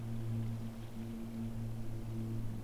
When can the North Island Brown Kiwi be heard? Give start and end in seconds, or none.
none